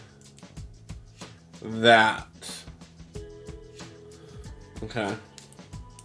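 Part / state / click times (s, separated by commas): plastic toy bricks onto a brick model / not seated / none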